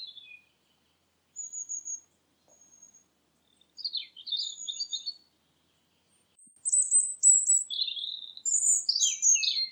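Bird calls: scattered high thin whistles and short chirps, growing busier and louder toward the end, with dead silence between bursts.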